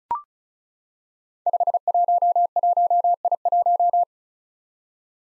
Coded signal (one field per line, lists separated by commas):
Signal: Morse code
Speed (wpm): 36 wpm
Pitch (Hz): 700 Hz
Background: none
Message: 511I1